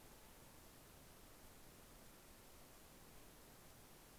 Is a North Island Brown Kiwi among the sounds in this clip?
no